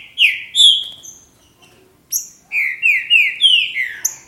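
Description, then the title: Green-winged saltator song: two strong whistles, a pause, then a quick run of falling whistled phrases. "Trinca Ferro"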